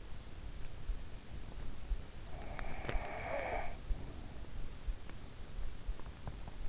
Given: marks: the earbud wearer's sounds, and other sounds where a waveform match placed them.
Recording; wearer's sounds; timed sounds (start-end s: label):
sounds in sleep by an in-ear microphone; breath
1.98-4.55 s: breath